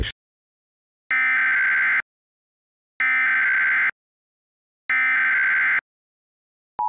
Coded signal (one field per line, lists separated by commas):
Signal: Emergency Alert System (SAME) tones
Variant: header bursts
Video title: EAS Scenario - The Fog Is Coming